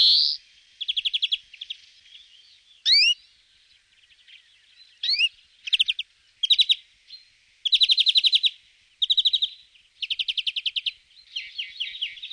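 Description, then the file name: European greenfinch song mixing quick rattling trills with short rising whistles, the phrases coming in uneven bursts over about twelve seconds. "gruenfink"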